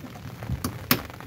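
A fuel hose quick connector is pushed onto the top of a diesel fuel filter housing until it clips in. After a few faint taps, a sharp click sounds at 0.9 s, followed by a few softer knocks. The connector is seated, clipped and fine.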